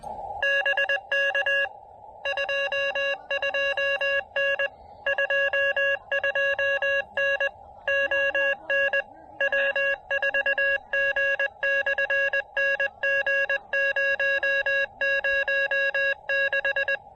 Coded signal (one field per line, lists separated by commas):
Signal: Morse code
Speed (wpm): 20 wpm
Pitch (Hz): 1650 Hz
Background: none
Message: BK 22N 22N ON W4G/NG006